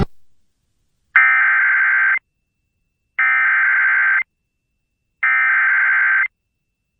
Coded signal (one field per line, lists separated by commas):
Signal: Emergency Alert System (SAME) tones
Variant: header bursts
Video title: EAS #866-867: 2 EAS Severe Thunderstorm Warnings- Sep. 3, 2023